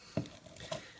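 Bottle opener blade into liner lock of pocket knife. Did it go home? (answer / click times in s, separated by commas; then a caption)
yes / 0.2 s, 0.3 s. The bottle opener/screwdriver blade of a Victorinox Trailmaster pocket multi-tool is swung fully open until its liner lock engages. A sharp click comes at 0.2 s and a second quick one at 0.3 s, followed by a softer tick near 0.7 s. The blade locks open and seats.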